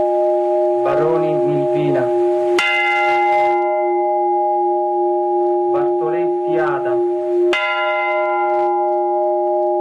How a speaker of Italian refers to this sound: Voci, suoni, rintocchi delle campane a ricordo delle vittime, una delle veglie di questa notte di cui vi stiamo riproponendo appunto alcuni suoni,